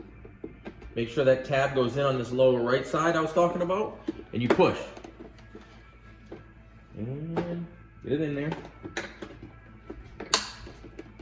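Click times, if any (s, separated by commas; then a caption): 10.2 s, 10.3 s. Someone talks while a gloss black plastic cap is pressed onto the housing of a 2014–2018 GM truck tow mirror, with its lower right tab going in first. Its retaining clips snap into place with sharp clicks at 10.2 and 10.34 seconds, and the cap is seated.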